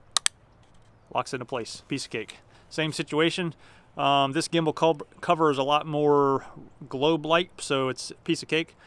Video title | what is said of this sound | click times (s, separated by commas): DJI Mavic ND Filters (Neutral Density) | that and then locks into place | 0.2 s, 0.3 s